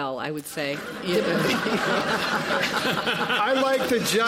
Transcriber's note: laughter